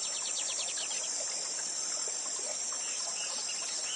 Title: Canto de Bigodinho. Bigode Gavião negro professor de canto cantando ao vivo com cascata!